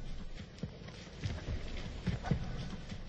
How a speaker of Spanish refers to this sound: Un caballo viene hacia mí.